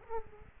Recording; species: mosquito wingbeat signal from an infrared sensor; Aedes aegypti